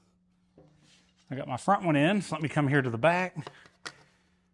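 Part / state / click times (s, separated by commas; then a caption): fuel tank vent line clip into motorcycle frame / seated / 3.9 s. Someone talks, then presses the rear plastic fuel tank vent line clip into the frame of a 2025 Harley-Davidson Street Glide Ultra, after the front one is already in, with the tank still loose. A short, sharp snap at 3.9 s marks the clip seating in place.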